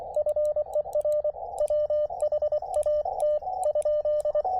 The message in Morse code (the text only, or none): FER WHAT ?